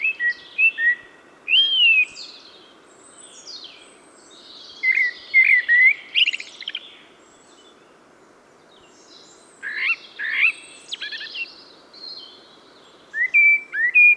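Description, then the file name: Common blackbird singing several separate phrases of rich whistles and high squeaky twitters spread across the recording, with gaps between them. "Turdus merula"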